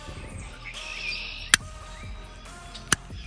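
A removed panel part is pushed back into its mount and clicks into place at 2.9 s, confirming it is seated. An earlier sharp snap sounds at 1.5 s, and birds chirp in the background throughout.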